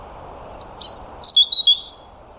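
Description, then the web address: European robin phrase: a high thin whistle, then a rapid stuttering series of notes falling into a lower warbled series of notes, over soft background hiss. "Deverinetal 2025 File origin Bird Only Er Ru"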